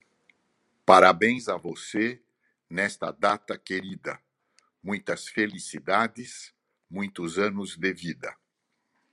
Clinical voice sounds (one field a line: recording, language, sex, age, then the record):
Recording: short text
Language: Brazilian Portuguese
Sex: male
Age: 70 to 79 years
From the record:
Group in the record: control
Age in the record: 74 years